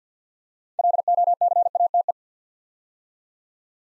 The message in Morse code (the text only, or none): LOCATE